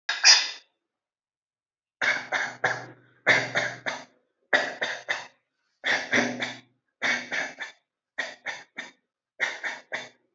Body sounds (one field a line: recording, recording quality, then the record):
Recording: shallow voluntary cough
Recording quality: excellent, no background noise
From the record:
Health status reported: healthy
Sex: male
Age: 38 years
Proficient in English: yes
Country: India